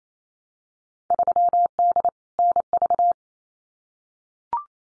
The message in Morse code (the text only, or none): 3D NV